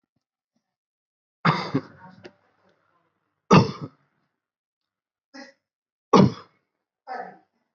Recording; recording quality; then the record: shallow voluntary cough; moderate, slight background noise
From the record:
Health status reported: healthy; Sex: male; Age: 26 years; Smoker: yes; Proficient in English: yes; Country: India